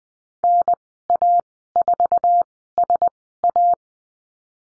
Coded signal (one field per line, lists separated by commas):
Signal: Morse code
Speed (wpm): 20 wpm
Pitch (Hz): 700 Hz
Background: none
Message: NA4SA